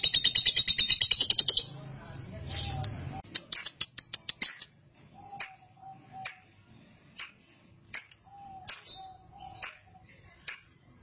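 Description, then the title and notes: Canary song beginning with a rapid high rattling trill, then a run of dry clicks and brief whistled and chirped notes at uneven intervals. Master song recording used for training canaries. "Kenari Jawara. Master Burung Kenari"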